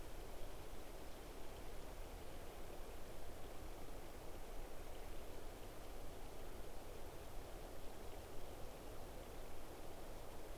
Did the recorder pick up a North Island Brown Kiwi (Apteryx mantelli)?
no